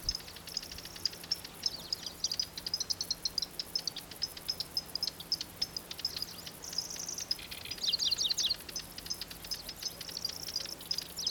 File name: locustella certhiola